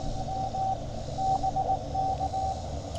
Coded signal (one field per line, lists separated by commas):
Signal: Morse code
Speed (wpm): 19 wpm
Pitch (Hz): 770 Hz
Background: none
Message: M BK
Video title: Tennessee CW with a new-to-me FT-817 at US-2950 Henry Horton State Park!